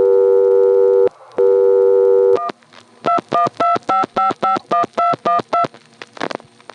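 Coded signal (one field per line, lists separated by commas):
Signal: DTMF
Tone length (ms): 130 ms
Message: 1 2125551212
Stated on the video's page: Multi-frequency signalling from an NX1 crossbar exchange.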